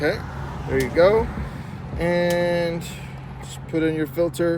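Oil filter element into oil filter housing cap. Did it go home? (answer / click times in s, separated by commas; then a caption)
no / none. A new cartridge-style oil filter element is being handled for fitting onto the oil filter housing cap of a Jeep while someone talks over a steady low hum. The element has not popped into place yet; nothing has seated or clicked in this clip.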